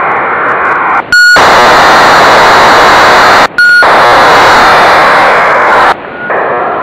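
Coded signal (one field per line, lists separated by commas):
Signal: HF data modem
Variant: HFDL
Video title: Decoding HFDL with PC-HFDL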